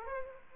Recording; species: mosquito wingbeat signal from an infrared sensor; Aedes aegypti